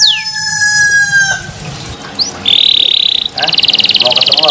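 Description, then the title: Canary singing a descending whistle, then a dry buzzy roll and a fast pulsing trill, each sustained for about a second. Kenari described as gacor, singing actively and continuously. "SUARA BURUNG : Kenari Gacor"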